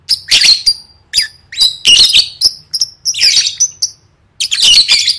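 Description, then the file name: Lovebird calling with rough squawks and thin whistled notes, given in bursts of several notes separated by short silences. "tieng vet mau don"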